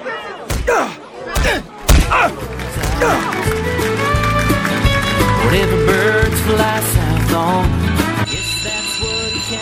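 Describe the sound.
A few sharp, heavy thuds of a punch landing on a person hit in quick succession at the start, with voices around them, before steady music takes over.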